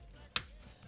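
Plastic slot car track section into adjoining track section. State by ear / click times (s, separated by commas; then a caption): seated / 0.4 s. A plastic slot-car track section from an Auto World 14' Semi-Frozen Extreme Conditions Slot Race Set (SRS339) is pushed into the adjoining track section to fix a joint that was not seated correctly. A single sharp snap is heard at 0.4 s against a quiet background, and the track sections are seated.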